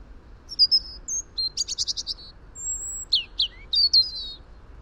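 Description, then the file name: European robin singing high, thin whistles mixed with a rapid ticking trill and sharp squeaky notes, in a lively varied phrase over faint hiss. "Erithacus rubecula"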